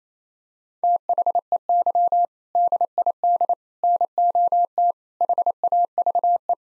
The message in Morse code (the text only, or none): THEY DID NOT HAVE